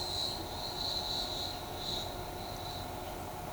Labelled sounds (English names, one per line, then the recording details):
none
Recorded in shrubland near Pivijay, Magdalena, Colombia, on 15 April 2023 at 12:30
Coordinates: 10.453, -74.365
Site P5-G022